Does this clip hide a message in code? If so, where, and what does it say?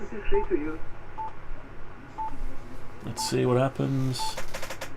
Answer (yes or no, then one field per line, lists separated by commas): no